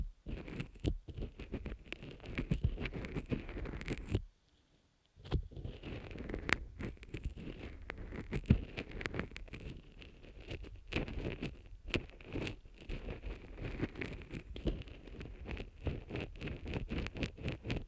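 Close-up rubbing, scrubbing and tapping on the ear, dense and uneven with frequent soft knocks, pausing briefly into silence around four seconds.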